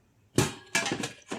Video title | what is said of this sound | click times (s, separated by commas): Power Air Fryer XL - 5.3 Quarts! - Introduction to Device and Air Frying | just allows you to cook two items at once snaps back in | 0.8 s